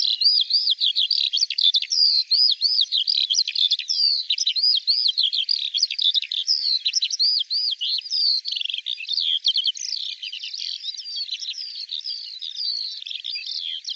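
Bird calls: rapid high chirps and rising-falling notes in a dense, continuous chatter, with nothing heard in the low range.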